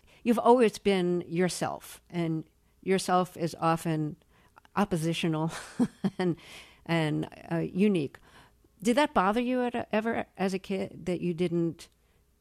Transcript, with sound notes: You've always been yourself. And yourself is often oppositional (laughter) and unique. Did that bother you ever as a kid, that you didn't